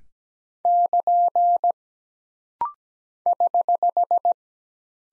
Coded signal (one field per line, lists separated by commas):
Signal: Morse code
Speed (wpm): 17 wpm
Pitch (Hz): 700 Hz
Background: none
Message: <KN> <HH>